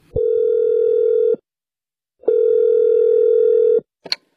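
Two long, steady telephone ringback tones, each about a second and a half with a pause between, heard while calling a home renovation company, followed by a brief click at the end; no one speaks.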